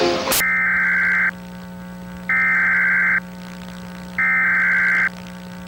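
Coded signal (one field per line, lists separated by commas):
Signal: Emergency Alert System (SAME) tones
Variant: header bursts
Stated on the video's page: Mock alert made with macros.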